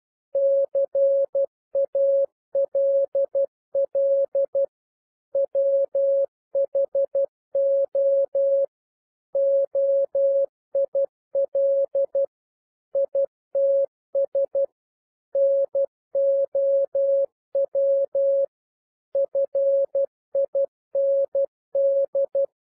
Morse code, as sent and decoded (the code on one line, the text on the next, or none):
-.-. .- .-.. .-.. / .-- .... --- / --- .. .-.. / .. - ... / -. --- .-- / ..-. .. -. -..
CALL WHO OIL ITS NOW FIND